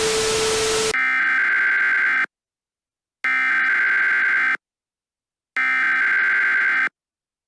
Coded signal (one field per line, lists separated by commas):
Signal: Emergency Alert System (SAME) tones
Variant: header bursts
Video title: EAS Scenario: THE HEATWAVE - An Old Adversary